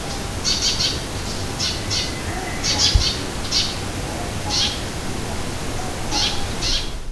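Bird giving harsh, hissy squawk calls in short bursts, singly and in pairs, spaced irregularly over a rumbling background with a brief knock.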